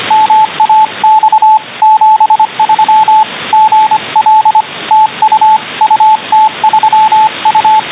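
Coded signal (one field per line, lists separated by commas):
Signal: Morse code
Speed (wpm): 25 wpm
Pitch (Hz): 870 Hz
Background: radio noise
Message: MAX 73 GL TU UT3U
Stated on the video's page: Morse code received on an SDR at 28.028 MHz USB.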